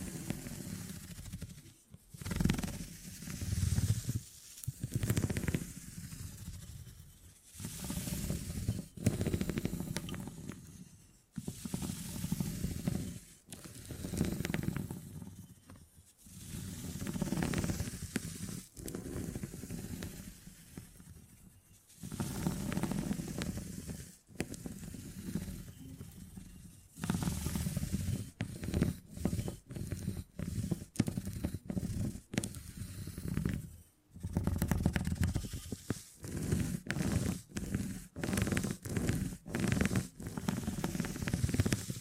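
Beeswax being handled in close, crackly bursts of sticky rustling and sizzle-like hiss, broken by brief silences, growing choppier and faster after half a minute.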